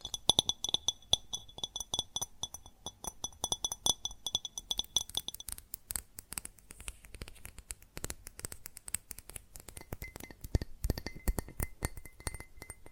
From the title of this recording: Fast Tapping on GlassCeramic Objects